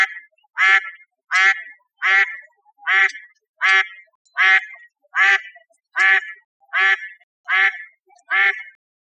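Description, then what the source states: Mallard quacking, a steady series of eleven harsh nasal quacks, evenly paced throughout. Recorded 5 November 2011.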